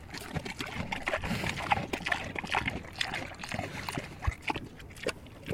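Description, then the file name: Pig eating sounds: wet, crunchy chewing with irregular smacks and slurps throughout, and no vocal calls. Landrace breed domestic pig eating peaches. "ANIMAL PIG LANDRACE PEACHES EATING"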